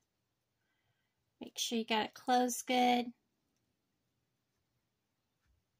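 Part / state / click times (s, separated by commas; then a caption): metal jewelry clasp closing on a necklace / not seated / none. A small metal clasp is being closed on a beaded necklace during making. Someone talks from about 1.4 to 3.1 seconds, followed by near silence. The clasp has not clicked shut or seated yet.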